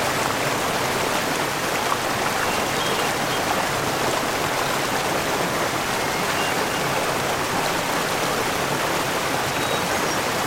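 A Catskill mountain stream rushes and splashes steadily over falls, a dense, even wash of water sound that stays level throughout. The tone is full and fairly bright, with fine bubbling detail and no breaks or distinct events across the ten seconds.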